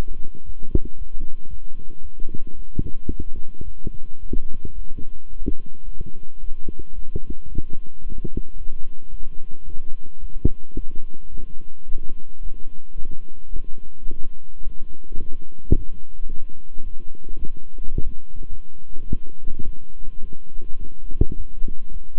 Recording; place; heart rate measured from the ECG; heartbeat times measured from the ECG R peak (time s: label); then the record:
heart sounds by stethoscope; between the tricuspid and mitral areas; 109 bpm
0.44 s: heartbeat
0.97 s: heartbeat
1.48 s: heartbeat
2.01 s: heartbeat
2.55 s: heartbeat
3.09 s: heartbeat
3.63 s: heartbeat
4.18 s: heartbeat
4.74 s: heartbeat
5.29 s: heartbeat
5.84 s: heartbeat
6.39 s: heartbeat
6.94 s: heartbeat
7.48 s: heartbeat
8.02 s: heartbeat
8.56 s: heartbeat
9.10 s: heartbeat
9.64 s: heartbeat
10.19 s: heartbeat
10.75 s: heartbeat
11.30 s: heartbeat
11.86 s: heartbeat
12.41 s: heartbeat
12.96 s: heartbeat
13.52 s: heartbeat
14.08 s: heartbeat
14.63 s: heartbeat
15.17 s: heartbeat
15.72 s: heartbeat
16.27 s: heartbeat
16.82 s: heartbeat
17.37 s: heartbeat
17.93 s: heartbeat
18.49 s: heartbeat
19.06 s: heartbeat
19.63 s: heartbeat
20.20 s: heartbeat
20.78 s: heartbeat
21.36 s: heartbeat
21.91 s: heartbeat
From the record:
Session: walking at 3.7 km/h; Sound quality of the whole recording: good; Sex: male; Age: 26 years